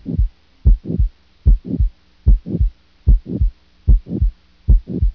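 Adult heart sounds heard through a stethoscope.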